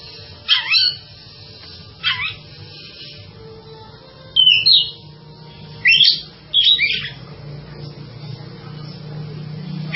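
Bird song: short, sharp high notes and brief whistled phrases spaced a second or two apart, with steady low background noise.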